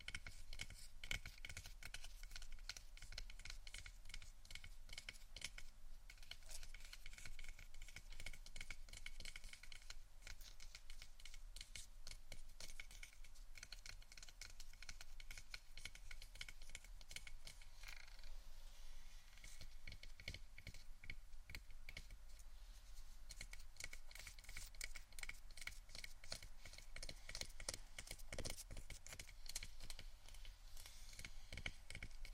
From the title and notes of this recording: ASMR Scratchtap On Various Items （No Talking）.